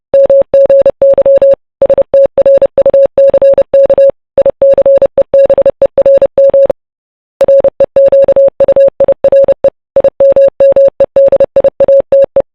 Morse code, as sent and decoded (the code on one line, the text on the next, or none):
-- --. -.-- / ... - .-. ..- -.-. -.- / .. -.-. . -... . .-. -- / .-. . --.- ..- .. .-. . / .. -- -- . -.. .. .- - .
MGY STRUCK ICEBERM REQUIRE IMMEDIATE